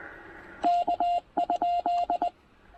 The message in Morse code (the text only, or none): K?